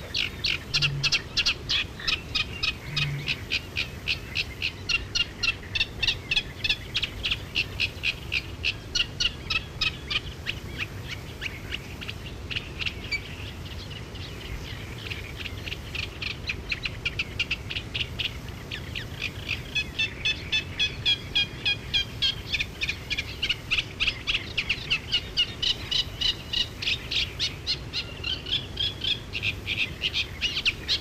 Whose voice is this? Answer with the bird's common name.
Eurasian Reed Warbler